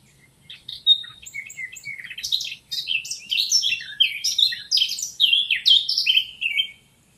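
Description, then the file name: Eurasian blackcap song, a soft chattering start building into a loud, varied warble of quick fluty and scratchy notes lasting about four seconds. "Sylvia atricapilla"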